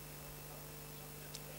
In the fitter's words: tang vergrendelt zich.